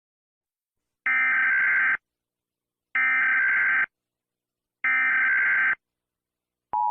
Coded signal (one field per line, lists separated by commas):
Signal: Emergency Alert System (SAME) tones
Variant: header bursts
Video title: The End of The World An Eas Scenario